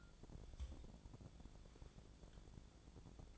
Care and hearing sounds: daily activity, microphone in the room; take from stove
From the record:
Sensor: 5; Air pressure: 1000.1 hPa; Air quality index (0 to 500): 93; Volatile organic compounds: 1 ppm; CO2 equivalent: 757 ppm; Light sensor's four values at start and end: 392/912/401/455 and 384/898/393/446

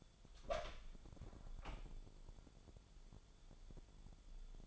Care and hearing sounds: daily activity, microphone in the room; open door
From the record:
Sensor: 5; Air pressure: 1015.3 hPa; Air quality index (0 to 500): 218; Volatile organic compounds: 12 ppm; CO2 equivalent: 2366 ppm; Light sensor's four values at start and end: 35/80/32/31 and 35/80/32/31

